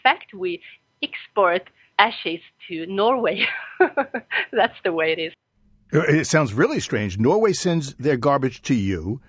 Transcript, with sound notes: And in fact we export ashes to Norway! [Laughs] That’s the way it is.
It sounds really strange! Norway sends their garbage to you,